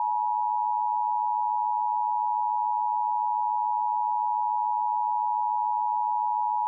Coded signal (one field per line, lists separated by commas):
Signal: Emergency Alert System (SAME) tones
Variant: 853 and 960 Hz attention tone